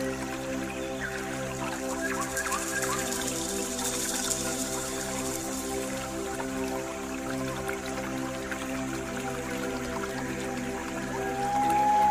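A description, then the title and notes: A pan flute plays over natural water sounds, its sustained breathy notes held in long steady layers. Trickling water and light drips run throughout, brightest around the middle. Near the end a higher note rises and the sound grows slightly louder. Immerse yourself in the soothing embrace of natural water sounds combined with the enchanting melodies of the pan flute.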